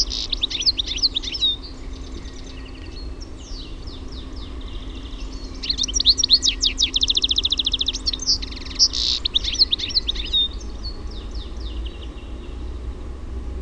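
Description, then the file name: European goldfinch song: a long run of fast, liquid twittering and tinkling notes with buzzy rattled trills, pausing briefly midway before resuming lively and varied. "TIKLI"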